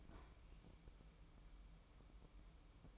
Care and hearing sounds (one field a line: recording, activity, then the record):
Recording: daily activity, microphone in the room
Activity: open fridge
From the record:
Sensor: 1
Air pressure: 1007.8 hPa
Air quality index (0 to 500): 102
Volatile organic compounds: 1 ppm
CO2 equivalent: 868 ppm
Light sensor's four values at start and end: 12/29/12/13 and 12/29/12/13